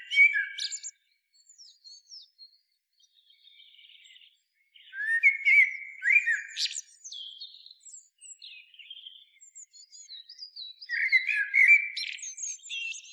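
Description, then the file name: Common blackbird song: three low fluting warbled phrases, each ending in a high squeaky twitter, with quieter high twittering between. "Turdus merula"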